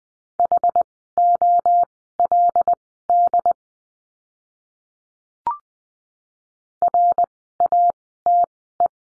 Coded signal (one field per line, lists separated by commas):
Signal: Morse code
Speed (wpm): 20 wpm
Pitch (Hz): 700 Hz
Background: none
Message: HOLD RATE